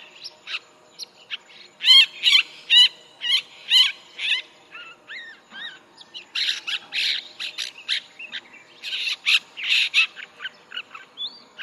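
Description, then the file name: Long-tailed shrike calling: a series of loud harsh notes, then a busy mix of scratchy chatters and short whistled notes. "棕背伯勞"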